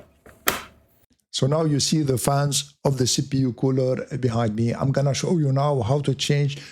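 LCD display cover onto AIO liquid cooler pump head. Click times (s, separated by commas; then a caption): 0.5 s. A magnetic LCD display cover, with its contacts and strong magnets, is fitted onto the pump head of a PCCooler GT 360 AIO liquid CPU cooler. It snaps into place with one sharp, loud hit at 0.5 s, seating the cover on the pump head. After that, someone talks.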